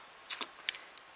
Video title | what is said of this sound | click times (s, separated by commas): Bliss Kiss Oil Pen Refill How To | we put in the plunger and you'll hear the little the little click it'll be in there okay and | 0.7 s